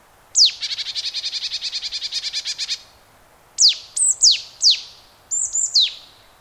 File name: Poecile palustris